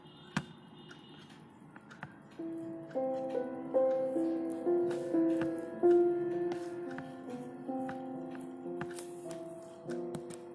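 Soft, slow music enters around two seconds, sustained tones stepping through a melody, with scattered sharp clicks and light scratching throughout.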